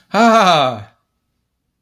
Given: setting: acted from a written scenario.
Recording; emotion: vocal sound without words; negative surprise